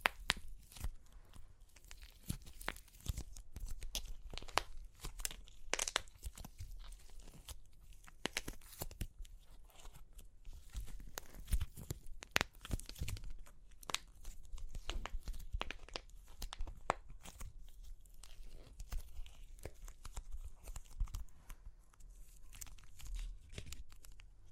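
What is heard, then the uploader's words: Crunchy clay is cracked and crumbled in a dense, continuous stream of sharp snaps and crackles with no real pauses. The bursts come rapidly and irregularly, bright and crisp on top, with a low rumble beneath and occasional louder cracks scattered throughout. Super Crunchy Clay Cracking (No Talking).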